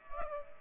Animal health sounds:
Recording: mosquito wingbeat signal from an infrared sensor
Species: Culex pipiens

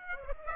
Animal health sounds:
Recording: mosquito wingbeat signal from an infrared sensor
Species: Aedes aegypti

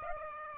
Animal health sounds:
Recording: mosquito wingbeat signal from an infrared sensor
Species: Aedes aegypti

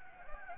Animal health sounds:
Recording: mosquito wingbeat signal from an infrared sensor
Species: Anopheles gambiae

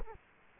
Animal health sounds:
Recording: mosquito wingbeat signal from an infrared sensor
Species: Culex quinquefasciatus

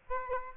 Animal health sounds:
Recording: mosquito wingbeat signal from an infrared sensor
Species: Aedes aegypti

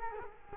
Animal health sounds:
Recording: mosquito wingbeat signal from an infrared sensor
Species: Culex quinquefasciatus

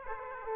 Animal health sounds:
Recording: mosquito wingbeat signal from an infrared sensor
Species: Aedes aegypti

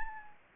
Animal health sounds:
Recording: mosquito wingbeat signal from an infrared sensor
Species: Anopheles gambiae

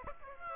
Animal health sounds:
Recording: mosquito wingbeat signal from an infrared sensor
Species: Aedes aegypti

